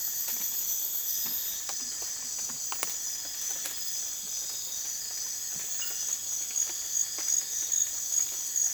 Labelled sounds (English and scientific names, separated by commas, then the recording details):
none
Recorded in dense forest near Puerto Asís, Putumayo, Colombia, on 25 June 2025 at 03:00
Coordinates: 0.484, -76.325
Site H65